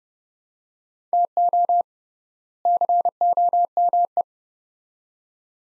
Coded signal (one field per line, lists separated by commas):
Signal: Morse code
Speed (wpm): 30 wpm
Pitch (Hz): 700 Hz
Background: none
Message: TO COME